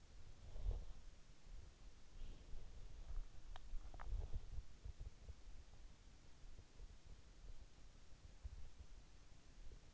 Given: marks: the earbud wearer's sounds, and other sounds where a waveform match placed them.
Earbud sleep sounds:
sounds in sleep by an in-ear microphone; body movement
0.00-4.88 s: body movement

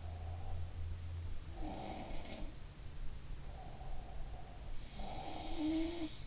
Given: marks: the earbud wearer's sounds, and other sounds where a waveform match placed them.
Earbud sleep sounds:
sounds in sleep by an in-ear microphone; breath
0.00-2.40 s: breath
1.47-2.64 s: sound from someone else or the room
3.41-5.79 s: breath
4.54-6.27 s: sound from someone else or the room

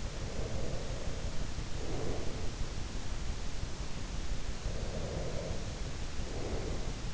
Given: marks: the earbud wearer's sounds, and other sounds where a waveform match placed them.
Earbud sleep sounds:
sounds in sleep by an in-ear microphone; breath
0.16-2.62 s: breath
4.63-7.14 s: breath

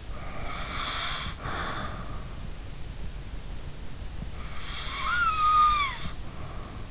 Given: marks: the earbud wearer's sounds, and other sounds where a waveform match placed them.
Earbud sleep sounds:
sounds in sleep by an in-ear microphone; snoring breath
0.13-2.32 s: snoring breath
4.35-6.85 s: snoring breath

